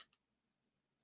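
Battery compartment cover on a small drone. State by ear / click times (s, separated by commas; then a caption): not seated / none. The plastic battery compartment cover on a DJI Mini 2 drone is pulled and pressed toward closed, producing a short tick at the start and a second faint tick around 0.1 s before near-silence. The cover has not yet seated or clicked shut.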